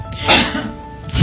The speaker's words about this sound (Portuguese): Se você espirrar, saúde, tá? Se você espirrar.